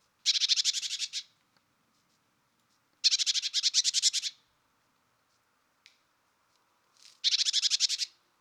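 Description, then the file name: Great tit uttering three harsh buzzy churring chatters, each about a second long, with rapid pulses and pauses between them. "Parus major"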